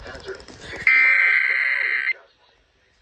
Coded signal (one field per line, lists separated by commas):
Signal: Emergency Alert System (SAME) tones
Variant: header bursts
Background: speech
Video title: Severe Weather EAS Alerts Part 2 (EAS 85 - 113)